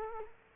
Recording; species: mosquito wingbeat signal from an infrared sensor; Culex quinquefasciatus